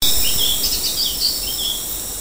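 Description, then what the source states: Hairy-backed bulbul calls: a quick run of high, wavering chirped notes, partly masked by loud, continuous insect buzzing. Recorded at Sepilok on 6 August 2009.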